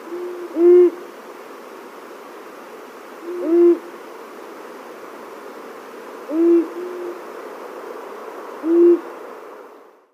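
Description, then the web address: Long-eared owl sounding four low, soft hoots at intervals of about two to three seconds against a steady hiss. Male giving display calls. "Schulze Peter Long-eared Owl"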